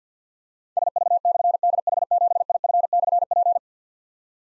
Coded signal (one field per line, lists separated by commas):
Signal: Morse code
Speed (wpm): 53 wpm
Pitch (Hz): 700 Hz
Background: none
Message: SV/DH7IF/P